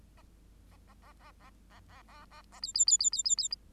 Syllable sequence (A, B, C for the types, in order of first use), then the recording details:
A A A A A A A A A A B B B B B B B. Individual Bird8